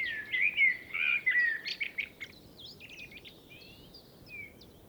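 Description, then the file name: Common blackbird delivering a loud, mellow warbling phrase for about two seconds, followed by softer scattered high squeaky notes. "Turdus merula"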